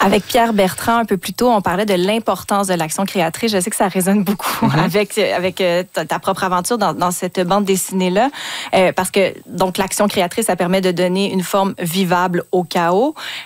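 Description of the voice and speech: An adult host speaks fluent conversational French with clear, steady voicing and only a brief ordinary word repetition.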